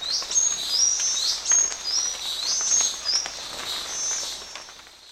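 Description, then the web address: Buff-tailed sicklebill uttering high, thin chips in a loose repeated series, fading toward the end, with constant soft background noise. Ecuador. "Birds of Ecuador Buff-tailed Sicklebill"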